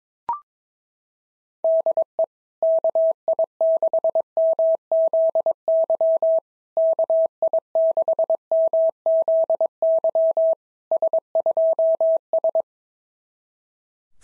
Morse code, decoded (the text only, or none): DE KI6MZY KI6MZY S2S